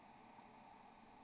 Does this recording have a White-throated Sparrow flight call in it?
no